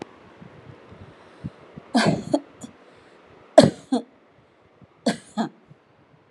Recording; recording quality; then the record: shallow voluntary cough; excellent, no background noise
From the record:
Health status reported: healthy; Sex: female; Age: 49 years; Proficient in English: yes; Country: India